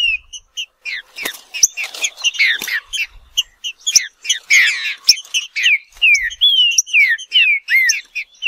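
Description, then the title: Green-winged saltator song: quick chips and slurred whistles building into longer, clearer down-slurred notes, with occasional sharp clicks. Trinca-ferro of the Nicão song style, recorded in the wild in the bush, singing in a contest with a free-living bird. "Trinca Ferro NICÃ O No Mato Disputando Com Solto"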